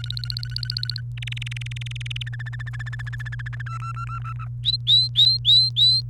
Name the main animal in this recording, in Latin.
Serinus canaria